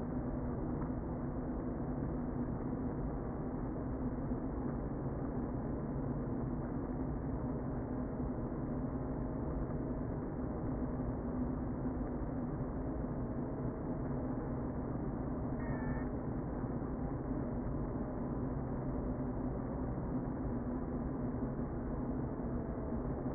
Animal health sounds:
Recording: honeybee colony, microphone inside the hive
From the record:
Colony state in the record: queen present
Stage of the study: before two queens were removed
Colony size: about 60,000 bees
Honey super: yes

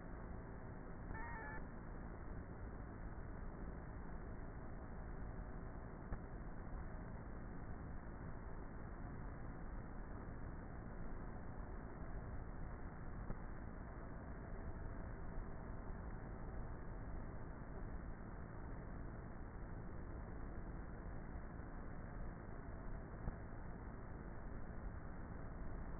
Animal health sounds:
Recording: honeybee colony, microphone inside the hive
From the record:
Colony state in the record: queenless with a low population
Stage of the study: before two queens were removed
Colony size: about 30,000 bees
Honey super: no

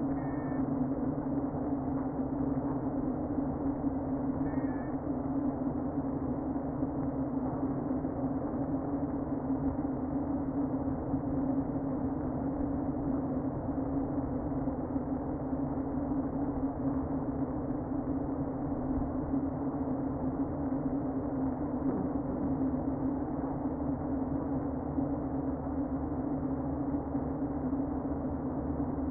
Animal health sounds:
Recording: honeybee colony, microphone inside the hive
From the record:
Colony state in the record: queen present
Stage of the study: before two queens were removed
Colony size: about 60,000 bees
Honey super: yes

